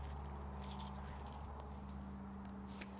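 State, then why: Seated. A blue pipe end is pushed into the brass push-fit discharge tee of a hand well pump, over a steady low hum with faint scuffs. A short, sharp click at 2.8 s marks the coupling clicking home, and the pipe is seated.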